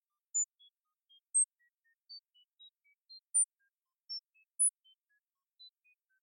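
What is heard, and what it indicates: Over about six seconds, roughly twenty brief, pure tone pips sound one after another at scattered high pitches and uneven loudness, with silence between them. This is a simulated sound-therapy demonstration for hyperacusis at a 0 dB setting, used for gradual sound exposure.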